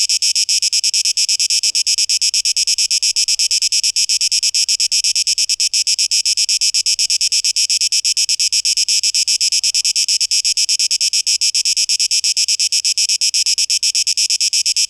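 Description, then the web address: Cicada song, an unbroken high-pitched pulsing drone, rapid regular beats holding steady, with a faint low rumble. 12 August 2023. "rauschpartikel Audio 2023-08-12 Zikaden"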